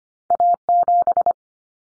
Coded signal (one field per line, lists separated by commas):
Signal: Morse code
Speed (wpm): 25 wpm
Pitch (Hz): 700 Hz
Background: none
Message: A7